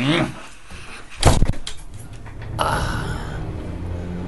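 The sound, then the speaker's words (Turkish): A door is opened with a short burst of clunking and rattling, followed by a steady, broad rushing noise that carries on to the end. “Neyse katla açalım kapıyı bari.”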